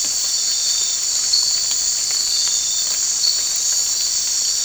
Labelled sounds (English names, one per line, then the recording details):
none
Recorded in dense forest near Puerto Asís, Putumayo, Colombia, on 19 March 2025 at 22:30
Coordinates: 0.485, -76.318
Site G056